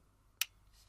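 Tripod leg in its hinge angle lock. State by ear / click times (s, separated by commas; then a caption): seated / 0.4 s. A Manfrotto BeFree tripod leg is swung out from the top and brought down in its hinge angle lock until the leg-angle stop clicks into its first detent. A single sharp click sounds at 0.4 s against a quiet background. The leg is seated and fixed in its first position.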